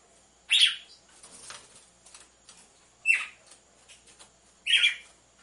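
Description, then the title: Red-cowled cardinal song: three loud rough notes a couple of seconds apart, with faint softer sounds between them. Female song, used to warm up or stimulate males; set with the beat of two males. "Canto Galo Campina Fêmea. ESQUENTE GALO DE CAMPINA COM BATIDA DE DOIS MACHOS"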